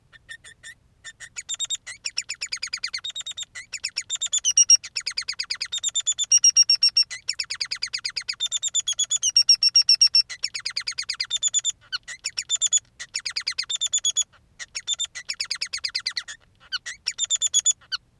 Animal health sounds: song of a male Bengalese finch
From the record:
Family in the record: son of father 3

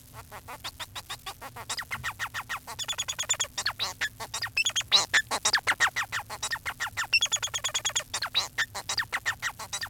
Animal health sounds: song of a male Bengalese finch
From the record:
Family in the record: son of father 4

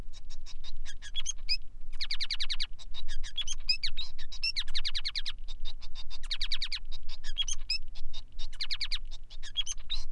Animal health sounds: song of a male Bengalese finch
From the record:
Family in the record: son of father 5

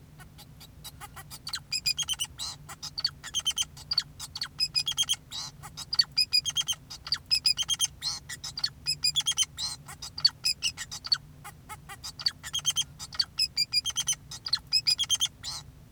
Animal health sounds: song of a male Bengalese finch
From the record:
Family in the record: son of father 2, and himself father 4

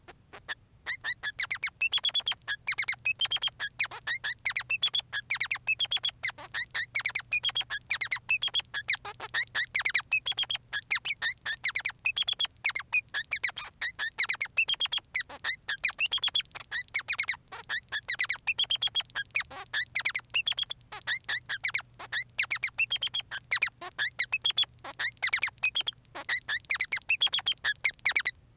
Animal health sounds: song of a male Bengalese finch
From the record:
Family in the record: son of father 3

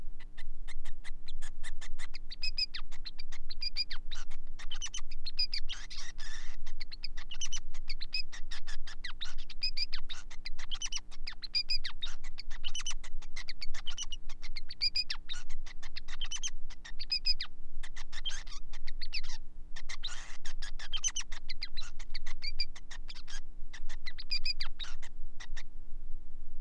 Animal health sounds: song of a male Bengalese finch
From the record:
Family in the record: son of father 5

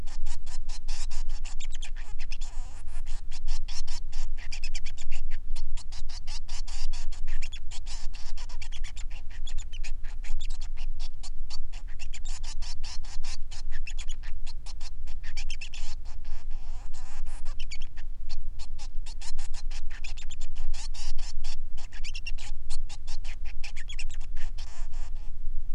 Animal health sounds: song of a male Bengalese finch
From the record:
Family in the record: son of father 3

